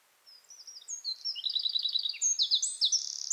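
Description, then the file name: Eurasian wren song, starting with soft high notes and building into rapid, loud trills and ringing phrases that continue to the end. "Troglodytes troglodytes"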